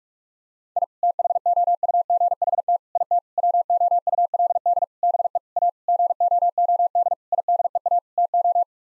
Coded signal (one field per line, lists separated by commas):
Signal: Morse code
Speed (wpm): 46 wpm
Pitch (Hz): 700 Hz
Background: none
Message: I THOUGHT IT WOULD BE A GOOD IDEA TO